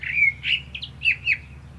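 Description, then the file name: Common blackbird song fragment: several mellow, slurred whistled notes in quick succession. "Turdus merula"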